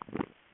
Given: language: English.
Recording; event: throat vibration sensor signal played as sound; swallow